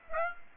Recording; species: mosquito wingbeat signal from an infrared sensor; Aedes aegypti